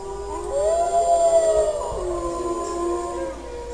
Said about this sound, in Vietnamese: Liền ngay sau đó, nghìn vạn con sói cùng hòa giọng hú lên, âm hưởng chấn động cả trời xanh.